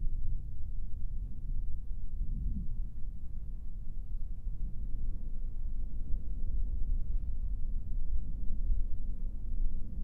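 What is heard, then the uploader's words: A low thunder rumble rolls on steadily through all ten seconds, deep and muffled with almost nothing bright above it. The level stays fairly even, with a slight swelling around two to three seconds, and no rain or other sounds are present. Low Thunder Rumble, No Rain.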